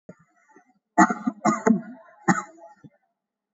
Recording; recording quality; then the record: heavy voluntary cough; excellent, no background noise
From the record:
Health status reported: COVID-19 positive, mild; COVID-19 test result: positive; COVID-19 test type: RT-PCR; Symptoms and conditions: cough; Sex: female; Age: 18 years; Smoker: no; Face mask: worn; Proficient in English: yes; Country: India